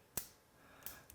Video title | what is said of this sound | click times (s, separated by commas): DIY Trigger Upgrade - Remington 700 - Ep.2 - SMART Tips & Tricks | Okay, nice sharp clicks. | 0.2 s, 0.9 s, 1.1 s